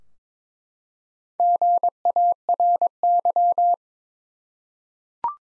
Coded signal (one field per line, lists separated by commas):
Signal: Morse code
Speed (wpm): 22 wpm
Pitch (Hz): 700 Hz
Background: none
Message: GARY